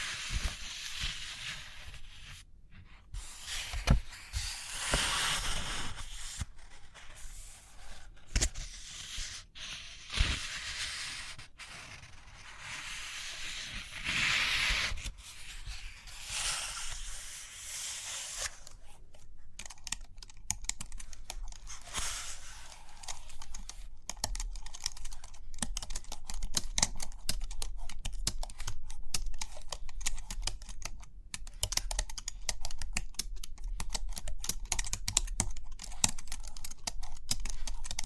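Paper rustles and pages turn through the first half, with long soft swishes and scraping strokes like pencil drawing. After about twenty seconds it becomes rapid, dense tapping and scratching, steady and busy to the end, with a low rumble underneath throughout.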